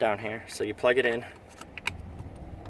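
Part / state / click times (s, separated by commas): remote start harness female plug into vehicle factory wiring connector / seated / 1.8 s, 1.9 s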